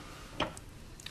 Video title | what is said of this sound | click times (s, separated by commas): Tupperware foodmill | be aligned with the B handles and push gently down where you see a small Arrow until it clicks | 0.4 s